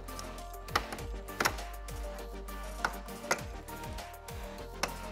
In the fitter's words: now be sure and make sure all Clips on the bumper have pushed in and locked in you'll hear some clicking